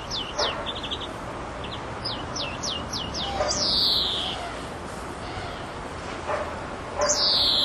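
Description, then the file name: European greenfinch calls: a string of sharp downslurred notes, then a drawn-out wheezy note falling in pitch, followed by quiet and another high buzzy note near the end. "Chloris chloris"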